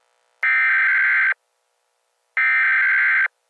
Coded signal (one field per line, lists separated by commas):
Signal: Emergency Alert System (SAME) tones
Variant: header bursts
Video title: EAS SCENARIO: Easter: Radioactive Eggs 4/20/2025. **HAS VALID TONES**